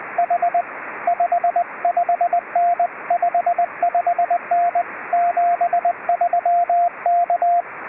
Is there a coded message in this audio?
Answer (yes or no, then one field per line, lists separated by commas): yes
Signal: Morse code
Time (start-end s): 0.2-7.6 s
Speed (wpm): 19 wpm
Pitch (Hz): 700 Hz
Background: radio noise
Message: H 55N 55N 73 K